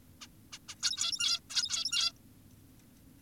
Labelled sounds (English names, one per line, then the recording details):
Zebra Finch
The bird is an adult
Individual g17y2U